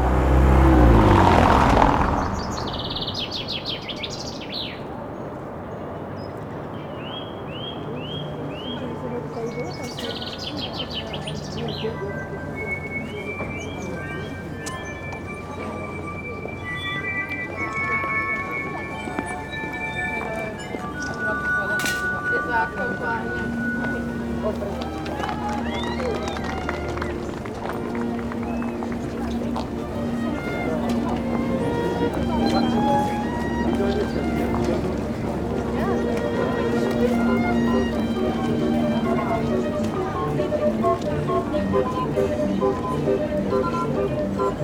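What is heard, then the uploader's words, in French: A city soundscape in Prague, Czech Republic: a steady murmur of voices and street activity runs throughout. A loud thump opens the recording, then chirping bird-like calls and brief tonal whistles come and go, with a low hum emerging in the second half. Impression sonore de la ville de Prague - République Tchèque réalisée à partir d'enregistrements de Nicolas Dubois.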